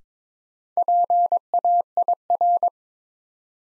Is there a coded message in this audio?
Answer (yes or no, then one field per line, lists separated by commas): yes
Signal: Morse code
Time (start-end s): 0.8-2.7 s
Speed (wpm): 22 wpm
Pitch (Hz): 700 Hz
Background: none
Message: PAIR